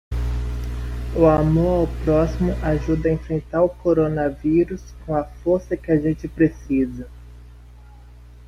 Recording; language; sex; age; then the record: spoken sentence; Brazilian Portuguese; male; 20 to 29 years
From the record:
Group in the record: control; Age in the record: 23 years